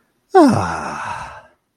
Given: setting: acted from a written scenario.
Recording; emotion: vocal sound without words; relief